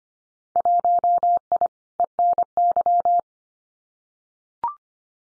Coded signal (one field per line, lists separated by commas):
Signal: Morse code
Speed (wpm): 25 wpm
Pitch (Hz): 700 Hz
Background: none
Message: 1I ENY